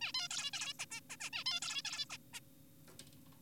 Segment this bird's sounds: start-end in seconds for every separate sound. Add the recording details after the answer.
0.01-0.12, 0.15-0.28, 0.31-0.51, 0.53-0.73, 0.79-0.86, 0.91-1.01, 1.10-1.17, 1.21-1.30, 1.33-1.44, 1.46-1.60, 1.62-1.82, 1.85-2.05, 2.10-2.18, 2.33-2.40. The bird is an adult. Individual g4p5U